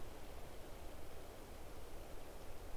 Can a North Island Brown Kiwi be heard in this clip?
no